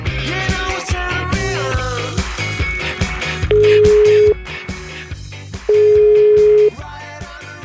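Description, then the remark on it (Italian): Two steady, mid-pitched ringback tones of an outgoing phone call, each lasting about a second with a pause between, sounding over busy background music. “Allora, noi chiamiamo un tizio che io ci sto risulta dalla parte essere, del vigilante, ovviamente.”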